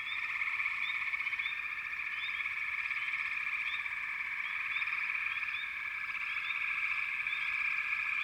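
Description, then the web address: A chorus of frogs forms a steady shrill trilling background, broken up by many quick upward chirps. Frog chorus in the American wilds. "Dan Gibson Echoes of Nature. American Wilds. Frog Chorus"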